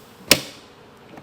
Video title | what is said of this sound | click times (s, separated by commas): Self Install - Setting up a Lite Beam | Nice strong click. | 0.3 s